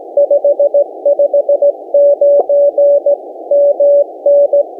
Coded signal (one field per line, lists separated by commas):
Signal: Morse code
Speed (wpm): 18 wpm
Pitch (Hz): 560 Hz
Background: none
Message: 559 MN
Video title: What I Did Wrong: CW in a Rare Park Leads to Chaos